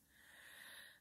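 Snoring from Zena, a sleeping pet animal (species not stated), asleep here in the room.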